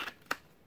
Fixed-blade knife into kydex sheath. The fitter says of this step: nice click in and the hunger of course